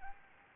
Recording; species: mosquito wingbeat signal from an infrared sensor; Anopheles arabiensis